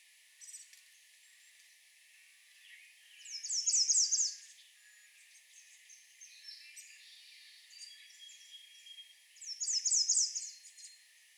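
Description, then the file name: American redstart repeating its song twice, roughly six seconds apart: a fast string of high, thin, slurred notes. Recorded on 20 June 2020. "2020-06-20 American Redstart"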